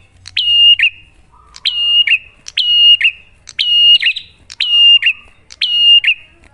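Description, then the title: Bar-winged prinia song: a sharp high click followed by a sweet whistled note that drops at the end, repeated about once a second in a steady series. Duet pairing Cililin and Kapas Tembak song styles, used as master and lure audio to prompt pet prinias to sing; bird singing actively (gacor) with a clear voice. "Masteran Duet Cililin Vs Kapas Tembak. Pancingan Prenjak Gacor Suara Jernih"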